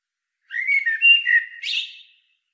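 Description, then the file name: Eurasian blackbird song phrase, a short run of fluted whistles capped by a brief high-pitched scratchy twitter. "Turdus merula"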